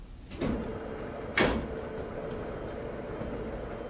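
A laboratory door is opened with two sharp scraping, rattling movements, the second louder, over a steady low mechanical hum that continues afterward.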